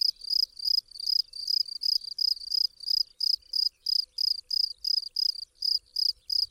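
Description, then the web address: Field cricket singing a series of sharp, shrill chirps, roughly two to three a second, evenly repeated with a quiet background. "Tajemnice puszczy Swierscz polny"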